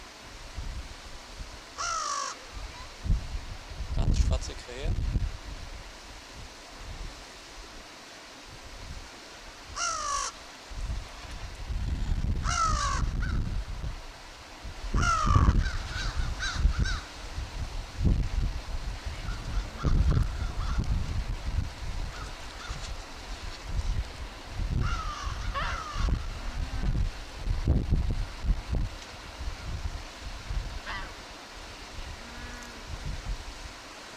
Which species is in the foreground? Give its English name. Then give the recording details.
American Crow. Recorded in the wild. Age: adult. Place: Wildlife Park Shubenacadie, Nova Scotia, CA. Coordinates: 45.0931, -63.3944. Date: 1991-10-10 11:42. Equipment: Sony WM-D6C, Sony ECM-939 LT (Stereo), Kopie Uher 4400 IC. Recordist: Frommolt, Karl-Heinz. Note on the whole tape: Rufe von freifliegenden Krähen